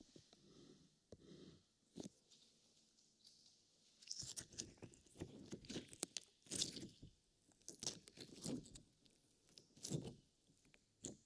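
Wet, sticky slime squishes and squelches in irregular bursts of squelching and small popping clicks. The handling is busiest from about four seconds on, with short quiet gaps between squeezes, and faint hiss stays in the background.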